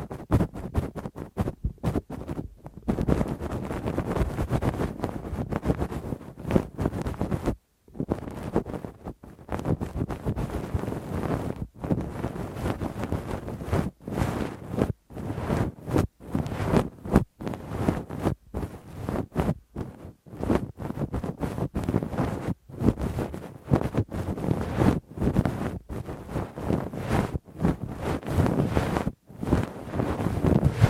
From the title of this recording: Intense Rough Deep Ear Cleaning w Q-tip, Ear Pick